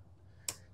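An old rubber fuel line on the carburetor fitting of a Subaru Sambar is worked loose. It gives a single sharp click at 0.5 seconds as it breaks free from the fitting, heard over a low steady hum. The line is released.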